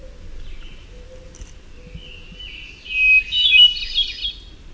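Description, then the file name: Hermit thrush: soft high notes, then a loud held whistle that bursts into a rising, echoing spiral of fluty notes. "HETH song"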